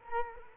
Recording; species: mosquito wingbeat signal from an infrared sensor; Culex quinquefasciatus